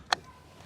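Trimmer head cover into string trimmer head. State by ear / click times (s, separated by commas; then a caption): seated / 0.1 s. The plastic trimmer head cover (spool cap) of a Milwaukee 18V string trimmer is pressed back onto the string trimmer head, with its hanging tabs in the two grooves. A single sharp snap at 0.1 s (0.13 s) marks the cover seating in place, followed by a quiet background.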